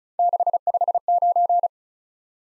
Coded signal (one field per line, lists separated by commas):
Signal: Morse code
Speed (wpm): 36 wpm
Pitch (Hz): 700 Hz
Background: none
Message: 659